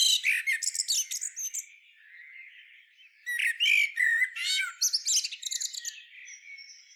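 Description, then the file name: Common blackbird with harsh squeaky twitters, a burst at the start, a pause, then another chattering run trailing off into a thin high note. "Turdus merula"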